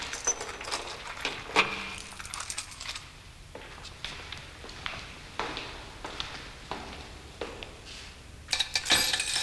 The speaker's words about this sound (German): Schlüssel.